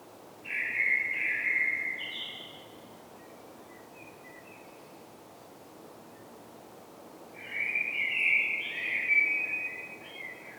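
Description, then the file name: Common blackbird song: a mellow fluted phrase with a high flourish, a long quiet pause, then another rich warbled phrase. "Turdus merula"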